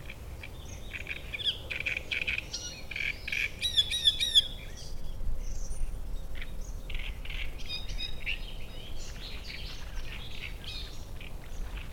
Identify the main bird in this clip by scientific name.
Acrocephalus arundinaceus